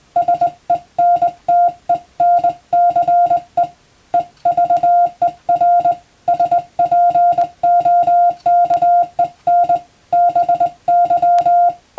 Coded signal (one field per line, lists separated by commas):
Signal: Morse code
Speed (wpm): 22 wpm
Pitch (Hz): 700 Hz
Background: music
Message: SENTENCE EVER SPOKEN BY